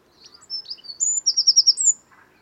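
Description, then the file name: Eurasian wren singing a high, hurried phrase of thin whistles and quick slurred notes, with a trill of repeated notes near the end. "Troglodytes troglodytes"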